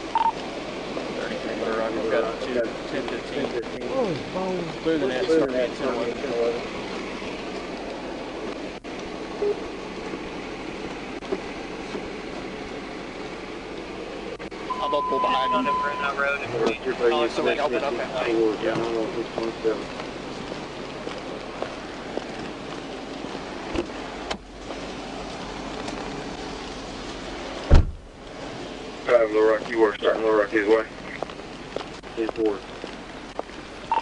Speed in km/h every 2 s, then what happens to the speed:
0, 0, 0, 0, 0, 0, 0, 0, 0, 0, 0, 0, 0, 0, 0, 0, 0.
0-34 standing.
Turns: none.